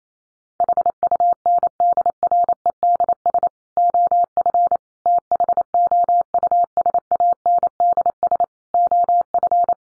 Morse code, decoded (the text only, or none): HUNDREDS OF THOUSANDS OF